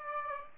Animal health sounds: mosquito wingbeat signal from an infrared sensor; Aedes aegypti

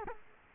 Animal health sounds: mosquito wingbeat signal from an infrared sensor; Culex quinquefasciatus

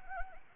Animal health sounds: mosquito wingbeat signal from an infrared sensor; Anopheles arabiensis

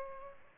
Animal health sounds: mosquito wingbeat signal from an infrared sensor; Aedes aegypti

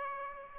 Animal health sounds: mosquito wingbeat signal from an infrared sensor; Aedes aegypti

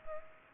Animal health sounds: mosquito wingbeat signal from an infrared sensor; Culex pipiens

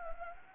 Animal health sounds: mosquito wingbeat signal from an infrared sensor; Anopheles gambiae

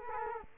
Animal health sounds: mosquito wingbeat signal from an infrared sensor; Culex quinquefasciatus

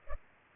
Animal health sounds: mosquito wingbeat signal from an infrared sensor; Culex pipiens

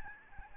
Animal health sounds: mosquito wingbeat signal from an infrared sensor; Aedes albopictus

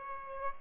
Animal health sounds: mosquito wingbeat signal from an infrared sensor; Aedes aegypti

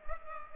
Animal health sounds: mosquito wingbeat signal from an infrared sensor; Culex pipiens

